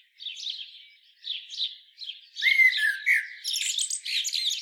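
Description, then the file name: Common blackbird singing soft scratchy notes that lead into a clear fluty slide, then a burst of high, squeaky twittering. "Turdus merula"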